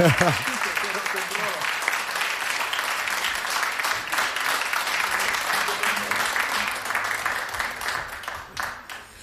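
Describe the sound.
An audience applauds a guitarist steadily for about nine seconds on the Polish radio station Trójka, a dense, bright wash of many hands clapping, with a brief voice at the start and the clapping thinning out toward the end.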